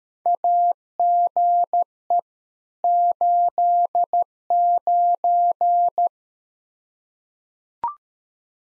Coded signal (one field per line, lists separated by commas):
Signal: Morse code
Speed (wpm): 13 wpm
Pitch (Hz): 700 Hz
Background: none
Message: AGE 89